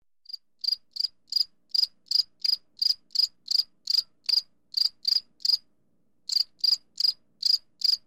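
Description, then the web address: Grasshopper or cricket chirping, a bright, high, rasping note repeated almost three times per second at an even beat, with one short break before the chirps resume. "sons de la nature son de criquet"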